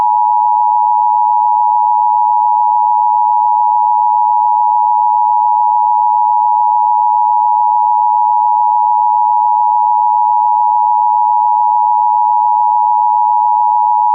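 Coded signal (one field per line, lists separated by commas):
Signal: Emergency Alert System (SAME) tones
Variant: 853 and 960 Hz attention tone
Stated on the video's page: Fictional EAS-style alert imagining a UK Met Office yellow rain warning, based on a real event.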